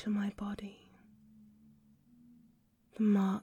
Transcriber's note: British Accent